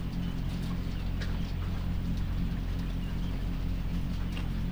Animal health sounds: poultry house recording; sick chickens (respiratory disease)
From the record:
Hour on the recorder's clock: 5

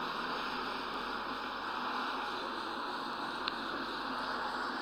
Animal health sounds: poultry house recording; no chicken sound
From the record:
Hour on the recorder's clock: 9

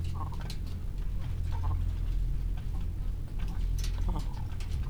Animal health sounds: poultry house recording; sick chickens (respiratory disease)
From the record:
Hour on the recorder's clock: 15

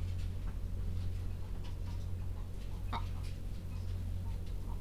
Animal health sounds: poultry house recording; sick chickens (respiratory disease)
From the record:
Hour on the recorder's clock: 20

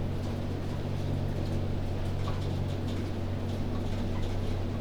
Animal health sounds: poultry house recording; healthy chickens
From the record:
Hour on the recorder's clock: 2

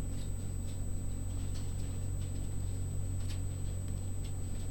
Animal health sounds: poultry house recording; no chicken sound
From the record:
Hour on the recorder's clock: 22

